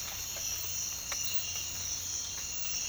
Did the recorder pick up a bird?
no